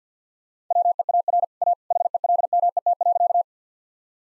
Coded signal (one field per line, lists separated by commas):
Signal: Morse code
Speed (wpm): 50 wpm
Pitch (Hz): 700 Hz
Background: none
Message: WEAR A HELMET.